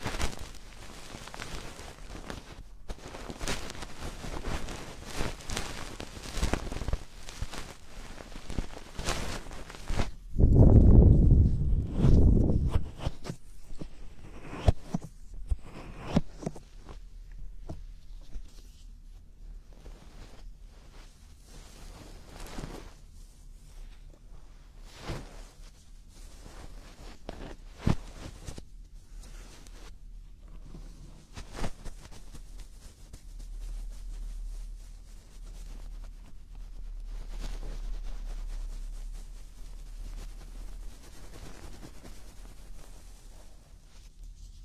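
Ear cleaning with dry scratches and crackles, a loud low rubbing burst near ten seconds, then sparser clicks over a faint low hum.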